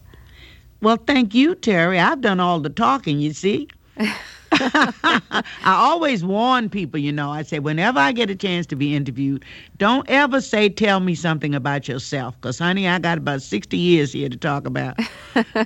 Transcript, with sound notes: Well, thank you, Terry. I've done all the talking, you see.
(LAUGHTER)
I always warn people, you know? I say, whenever I get a chance to be interviewed, don't ever say tell me something about yourself, 'cause honey, I got about 60 years here to talk about.